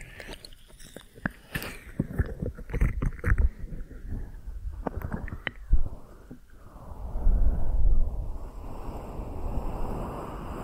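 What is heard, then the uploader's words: A deep ear massage, with muffled rubbing and crackling. Irregular sharp clicks and scratches cluster in the first six seconds, then a smoother, louder swishing rub swells around seven to nine seconds over a constant low rumble. ASMR Deep Ear Massage for Sleep(No Talking).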